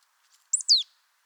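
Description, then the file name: Marsh tit call: a single bright two-part note, a high clipped chirp followed by a quick downward-sliding whistle. "Poecile palustris"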